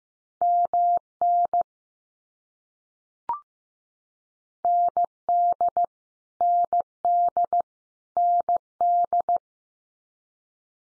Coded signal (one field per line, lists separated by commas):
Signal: Morse code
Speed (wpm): 15 wpm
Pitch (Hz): 700 Hz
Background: none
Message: MN ND ND ND